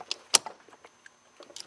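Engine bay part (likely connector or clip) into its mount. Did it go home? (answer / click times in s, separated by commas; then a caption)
yes / 0.4 s. A part in the engine bay of a Volkswagen TDI diesel is pushed into its mount and locked down during an EGR delete kit install. A sharp, bright click sounds at 0.4 s, followed by faint ticks and light rattling toward the end. The part clicks and seats into place.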